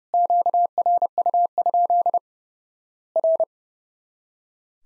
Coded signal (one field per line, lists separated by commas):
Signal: Morse code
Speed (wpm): 30 wpm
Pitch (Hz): 700 Hz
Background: none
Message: QRU? R